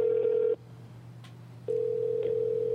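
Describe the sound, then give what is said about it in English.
A steady electronic ringback tone on an outgoing phone call: one long, level buzzing ring, a pause of about a second, then the ring starts again, with a low hum underneath and no talking. “I swear to God, if you don't pick up the phone, we are going to find you and drop kick you.”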